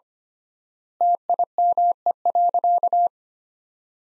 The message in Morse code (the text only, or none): TIME.